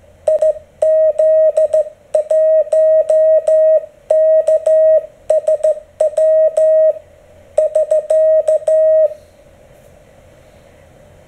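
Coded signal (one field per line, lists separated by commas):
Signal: Morse code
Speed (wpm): 14 wpm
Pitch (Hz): 630 Hz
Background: none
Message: IZ1KSW <SK>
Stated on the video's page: Michigan Mighty Mite, a minimalist seven-part homebrew RF transmitter, oscillating.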